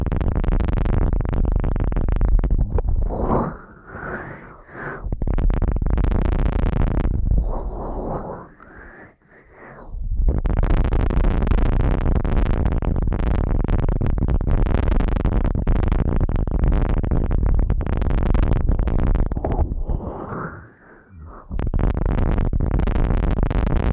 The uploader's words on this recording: ASMR Ear Cleaning at Helicopter Speed for the Heavily Immune (No Talking).